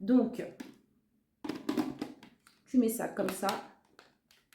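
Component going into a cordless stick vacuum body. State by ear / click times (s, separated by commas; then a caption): not seated / none. A component is being fitted onto an AONUS A9MAX cordless stick vacuum body by hand while someone talks, with a few soft taps and handling sounds between the words. The clip ends before the part goes home; nothing has seated or clicked yet.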